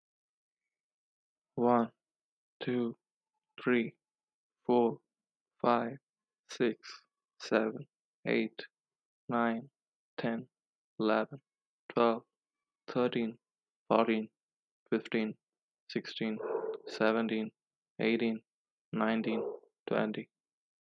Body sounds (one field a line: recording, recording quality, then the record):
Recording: counting at a normal pace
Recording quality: excellent, no background noise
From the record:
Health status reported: respiratory illness, not identified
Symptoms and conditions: asthma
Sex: male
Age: 23 years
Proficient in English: yes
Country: India